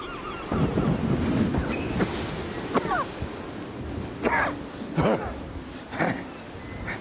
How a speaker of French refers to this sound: Première traversée, première tempête! Génial!